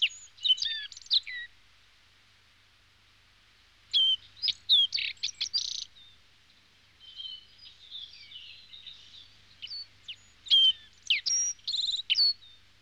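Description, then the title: Small birds chirping, several high, rapid twitters and whistles overlapping in bursts, with a quiet gap of about two and a half seconds early on. "NHK Sound Effects Collection - 2-Waves, Rivers, Birds"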